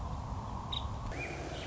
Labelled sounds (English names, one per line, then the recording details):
Nuttall's Woodpecker
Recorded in Sonoma County, California